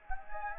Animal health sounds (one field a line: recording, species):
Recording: mosquito wingbeat signal from an infrared sensor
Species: Anopheles gambiae